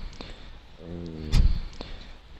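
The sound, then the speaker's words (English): A freezer door is pushed shut with one dull, heavy thump, just after a short low buzzing hum, with a few faint clicks scattered around it. “Somebody's closing a freezer part of door.”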